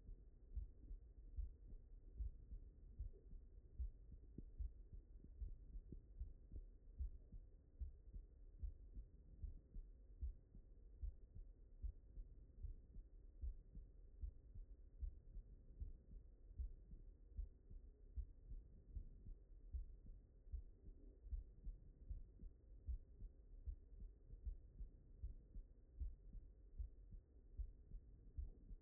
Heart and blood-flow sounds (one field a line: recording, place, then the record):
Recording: heart sounds by stethoscope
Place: mitral valve (MV)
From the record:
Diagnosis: non-HFrEF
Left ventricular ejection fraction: 69%